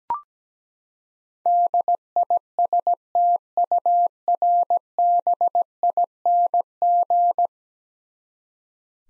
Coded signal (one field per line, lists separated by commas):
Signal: Morse code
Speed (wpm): 17 wpm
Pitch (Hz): 700 Hz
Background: none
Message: DISTURBING